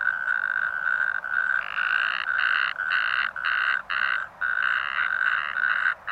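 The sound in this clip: Natterjack toad giving a continuous rasping rattle, interrupted by brief gaps at irregular intervals.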